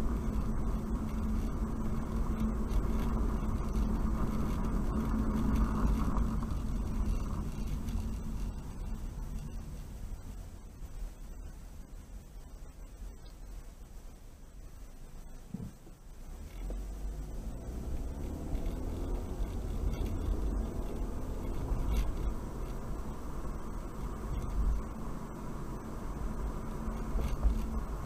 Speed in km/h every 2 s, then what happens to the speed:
37, 39, 39, 31, 18, 10, 6, 3, 8, 19, 32, 35, 37, 42.
4-15 slows to 3. 15-28 speeds up to 42.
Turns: none.